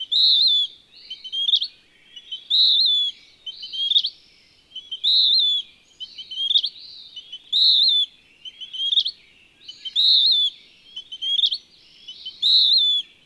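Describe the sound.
Western wood-pewee singing a steady series of hoarse, buzzy slurred phrases alternating with quick rising flicks.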